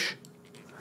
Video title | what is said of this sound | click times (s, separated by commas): Zhiyun Smooth 5 Smartphone Gimbal Practical Review, Impressions, & Highlights | and you're going to hear click button click sound | 0.2 s